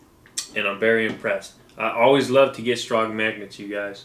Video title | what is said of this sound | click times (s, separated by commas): AMAZING SPIDER-MAN premium format figure REVIEW from Sideshow Collectibles | just something about it I like to hear that click you know I like to hear the the pull of the magnets | 0.4 s